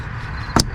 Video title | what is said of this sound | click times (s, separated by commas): 2003-2007 Infiniti G35 Lightweight Crankshaft pulley & Front Main Seal Install | like so we're going to hear that thing snap | 0.6 s